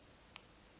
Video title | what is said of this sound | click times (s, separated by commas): Masterkey Combination Padlock (Code Discovery Version) | So there we go. The first one's locked in. | 0.4 s